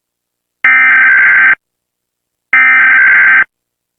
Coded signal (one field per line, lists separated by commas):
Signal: Emergency Alert System (SAME) tones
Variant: header bursts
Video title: Rating eas alarms part 1